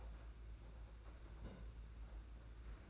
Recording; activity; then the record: daily activity, microphone in the room; place on stove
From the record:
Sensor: 2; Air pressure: 991.8 hPa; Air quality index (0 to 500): 232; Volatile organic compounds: 1000 ppm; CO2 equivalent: 7788 ppm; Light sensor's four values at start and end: 19/60/23/21 and 19/60/23/21